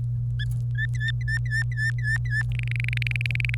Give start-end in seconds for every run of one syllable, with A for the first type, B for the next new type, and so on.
0.75-2.42 A, 2.52-3.54 B